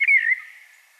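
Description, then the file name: Common blackbird giving a single clear whistled note that starts loud and drops slightly in pitch, then fades away. "Turdus merula"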